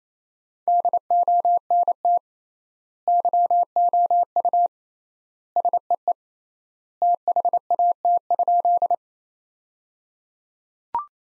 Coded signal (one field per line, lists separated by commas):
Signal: Morse code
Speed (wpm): 28 wpm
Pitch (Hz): 700 Hz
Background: none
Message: DONT YOU SEE THAT?